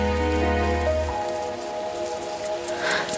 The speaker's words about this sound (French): C'est la pluie d'été.